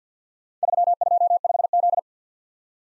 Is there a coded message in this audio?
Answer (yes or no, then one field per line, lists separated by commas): yes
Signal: Morse code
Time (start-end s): 0.6-2.0 s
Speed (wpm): 52 wpm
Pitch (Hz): 700 Hz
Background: none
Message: 325Z